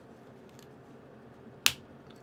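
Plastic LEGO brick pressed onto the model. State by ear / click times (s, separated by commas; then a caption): seated / 1.7 s. A plastic LEGO brick is pressed onto the model and snaps home with one loud, sharp click at 1.7 s, with only faint ticks before and after it. The piece is seated.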